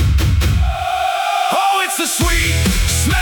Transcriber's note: stadium anthemic harmonies; crowd stomping and clapping builds; full band returns with soaring harmonies